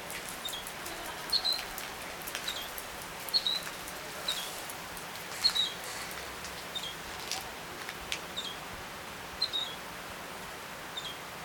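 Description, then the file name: European goldfinch calling with short, thin high notes repeated irregularly, set against constant hiss and light patter. "Carduelis carduelis"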